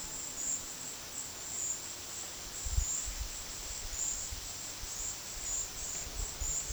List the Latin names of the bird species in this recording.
none